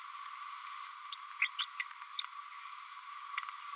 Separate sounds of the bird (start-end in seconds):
1.58-1.65, 2.19-2.23